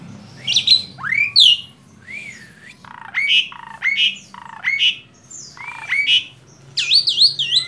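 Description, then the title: Asian pied starling song, a steady series of rising whistled notes with harsh edges, repeated about every second, ending in a warbling flourish. Masteran training recording made to teach song to caged birds. "Masteran Jalak Suren"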